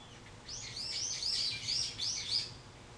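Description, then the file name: Bird call: about five high, arched, slurred notes given in quick succession, rising and falling, over a quiet background. Recorded 24 March 2023. "bird-01 230324"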